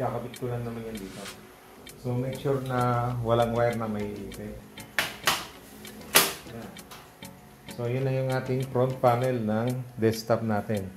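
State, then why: Seated. Someone talks while pressing the plastic front panel, held by six lock clips, onto the case of a second-hand gaming desktop PC, making sure no wire gets pinched. Sharp snaps are heard at about 5.0 and 6.2 seconds as the clips engage, and the front panel is seated on the desktop.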